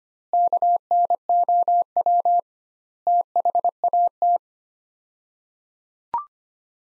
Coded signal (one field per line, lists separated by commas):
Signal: Morse code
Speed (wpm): 25 wpm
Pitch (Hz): 700 Hz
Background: none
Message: KNOW THAT